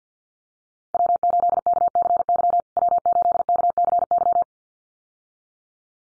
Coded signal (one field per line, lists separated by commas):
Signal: Morse code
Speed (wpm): 50 wpm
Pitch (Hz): 700 Hz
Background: none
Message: W8KCY W8KCY